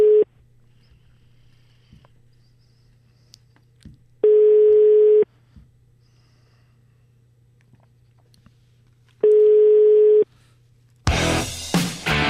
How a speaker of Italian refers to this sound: Aspetta un attimo, aspetta. Squilla il telefono della Zanzara, sentiamo.